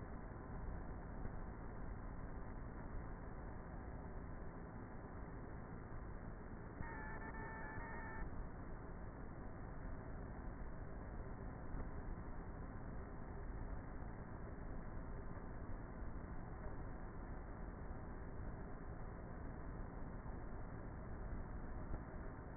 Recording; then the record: honeybee colony, microphone inside the hive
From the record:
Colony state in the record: queenless with a low population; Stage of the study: before two queens were removed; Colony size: about 30,000 bees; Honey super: no